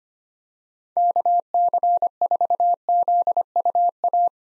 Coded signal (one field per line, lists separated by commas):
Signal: Morse code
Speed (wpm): 25 wpm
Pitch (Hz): 700 Hz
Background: none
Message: KC4ZUA